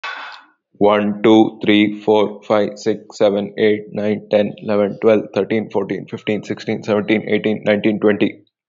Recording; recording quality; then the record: counting at a fast pace; excellent, no background noise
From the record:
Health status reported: healthy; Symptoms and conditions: cold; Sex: male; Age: 18 years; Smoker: not ticked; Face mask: not worn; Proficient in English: yes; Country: India